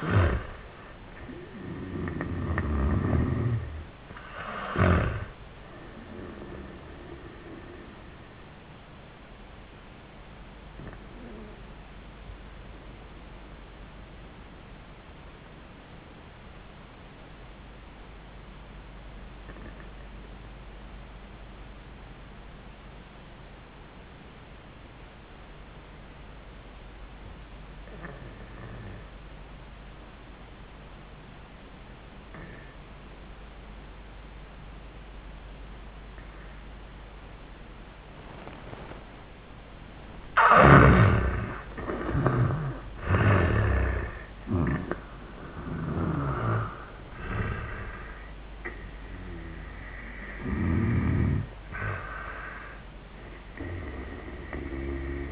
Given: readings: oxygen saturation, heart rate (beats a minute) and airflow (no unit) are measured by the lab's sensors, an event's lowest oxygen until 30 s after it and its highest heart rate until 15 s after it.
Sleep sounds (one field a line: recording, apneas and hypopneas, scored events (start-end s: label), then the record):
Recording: breathing in sleep by a voice recorder at the bedside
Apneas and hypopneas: 1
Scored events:
12.00-40.50 s: obstructive apnea (N1, oxygen 98% highest, then 79% lowest, heart rate 90 at the start, 96 highest)
24.00-54.00 s: new sleep stage, N2 (light sleep)
54.00-55.31 s: new sleep stage, N1 (lightest sleep)
From the record:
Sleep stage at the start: N1 (lightest sleep)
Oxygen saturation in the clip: 78 to 98%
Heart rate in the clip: 75 to 96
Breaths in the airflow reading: 5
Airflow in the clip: -13.8 to 9.1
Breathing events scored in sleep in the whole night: 400 in 8.7 hours asleep